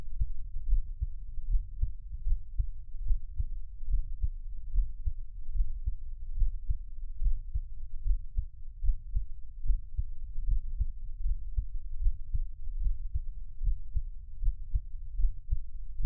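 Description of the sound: Steady low, muffled thumps repeat at about 74 beats a minute over a soft rumbling hum, with no talking. A person's own adult heartbeat heard close up for Taiwanese ASMR, a regular, unremarkable rhythm.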